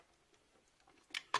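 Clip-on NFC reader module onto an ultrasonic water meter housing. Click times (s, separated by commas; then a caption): 1.2 s, 1.3 s. An NFC reader module is pushed onto the housing of an ultrasonic bulk water meter until it snaps on. After a stretch of faint, quiet handling, a sharp click at 1.2 s is followed by a louder snap at 1.4 s. The module seats firmly in place.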